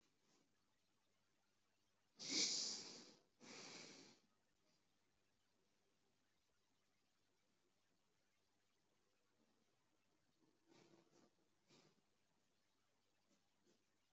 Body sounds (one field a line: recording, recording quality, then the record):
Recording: shallow breathing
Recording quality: excellent, no background noise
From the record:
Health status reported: recovered from COVID-19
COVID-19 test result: positive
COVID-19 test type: RT-PCR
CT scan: not taken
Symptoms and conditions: none ticked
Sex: male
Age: 25 years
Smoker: no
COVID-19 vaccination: both doses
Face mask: not worn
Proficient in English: yes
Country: India